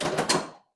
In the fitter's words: heard the click, and it's in. And it clicks, and it's in. We have power. We have lights.